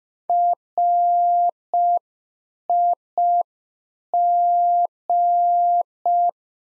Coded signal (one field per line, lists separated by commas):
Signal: Morse code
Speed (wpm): 5 wpm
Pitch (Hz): 700 Hz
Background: none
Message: RIG